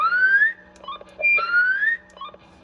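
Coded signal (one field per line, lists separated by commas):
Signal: roger beep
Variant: Uniden CB radio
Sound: two rising whistle-like tone sweeps with brief beeps between, through a small speaker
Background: small room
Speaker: All right, there you go. You heard the Uniden Roger beep.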